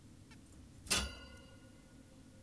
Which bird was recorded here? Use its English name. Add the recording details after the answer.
Zebra Finch. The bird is an adult. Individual g17y2U